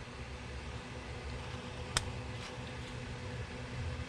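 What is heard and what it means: The last wire harness connector is pushed onto a solenoid on an upgraded transmission valve body during a Toyota/Lexus stage 2 valve body swap. Over a steady low hum and broadband noise, one short, sharp click sounds at 2.0 s. The connector seats.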